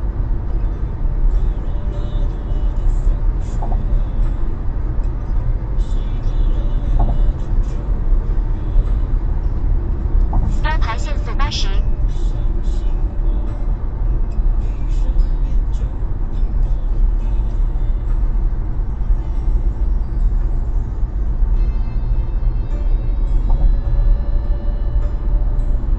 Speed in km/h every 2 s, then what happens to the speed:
104, 106, 107, 108, 107, 96, 90, 90, 90, 88, 89, 89, 89.
0-7 steady at about 106. 7-11 brakes to 90. 11-26 steady at about 89.